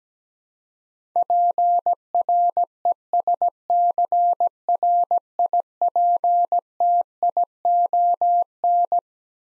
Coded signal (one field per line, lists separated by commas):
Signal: Morse code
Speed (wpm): 17 wpm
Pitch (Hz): 700 Hz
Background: none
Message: PRESCRIPTION